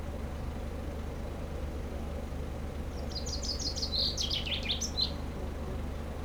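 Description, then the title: Common chaffinch delivers one rattling descending trill ending in a flourish, over a continuous low drone of background noise. Sings in a tree while preening, Aix-les-Bains, France; car park, scooters and e-bikes nearby, Sierroz river faintly behind. "30 Rue Eugène Fert, Aix-les-Bains, France - Pinson des arbres"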